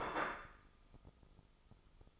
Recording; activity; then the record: daily activity, microphone in the room; place plate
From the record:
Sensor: 5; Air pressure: 995.3 hPa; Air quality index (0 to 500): 87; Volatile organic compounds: 4 ppm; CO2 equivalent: 1629 ppm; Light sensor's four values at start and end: 23/58/22/21 and 23/58/22/21